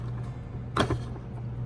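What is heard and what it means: A wire terminal pin on solenoid wiring is pushed back into its plastic connector housing from the opposite side until it locks. Over a steady low hum, a small sharp click at 0.8 s shows the pin seating, followed by a fainter tick at 0.9 s. The pin is seated in the housing.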